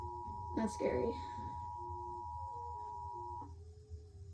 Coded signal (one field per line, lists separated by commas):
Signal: Emergency Alert System (SAME) tones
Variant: 853 and 960 Hz attention tone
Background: speech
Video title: Werther's Original EAS Broadcast Interruption (December 10th, 1999)